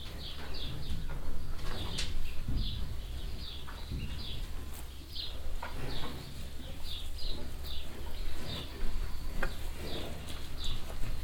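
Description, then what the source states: Cows feeding, with dense repeated mouth smacks and slurping licks, occasional metallic knocks, all over a constant low droning hum. Many cows standing close together at a metal trough in a cowshed in the evening, Wahlhausen; sounds of mouths and tongues, trough rattling metallically as cows move.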